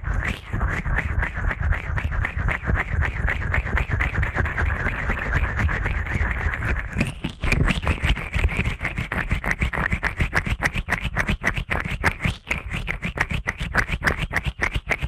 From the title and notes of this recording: ASMR Ear Cleaning at Helicopter Speed.